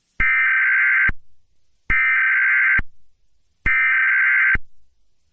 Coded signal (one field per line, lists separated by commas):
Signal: Emergency Alert System (SAME) tones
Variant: header bursts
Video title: EAS Scenario #1 (Piggy)